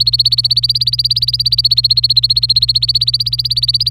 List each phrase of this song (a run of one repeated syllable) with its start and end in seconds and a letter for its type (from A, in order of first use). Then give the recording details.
0.00-3.90 A. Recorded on 26 April 2018 at 12:42. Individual llb3